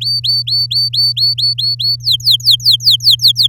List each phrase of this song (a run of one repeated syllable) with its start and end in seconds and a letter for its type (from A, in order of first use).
0.01-1.96 A, 2.00-3.47 B